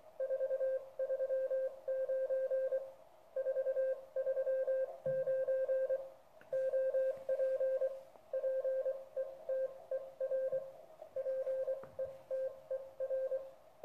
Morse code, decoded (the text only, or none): 439 439 OP PETER PETER